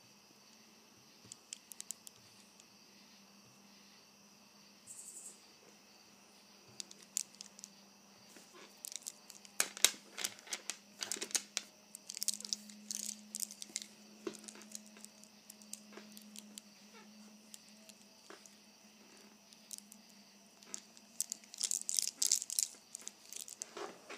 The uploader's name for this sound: Playing with my Bracelet